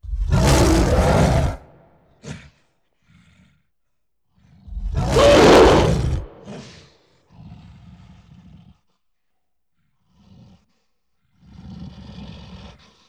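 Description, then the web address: Gorilla giving two loud, harsh roars, each about one and a half seconds long, with low, heavy breaths and soft grunts between and after them. "Sony Creative Software Sony Pictures Sound Effects Series Volumes 1-10 Volume 1 Animals Gorilla Roars And Breaths"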